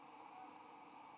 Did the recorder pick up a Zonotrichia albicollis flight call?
no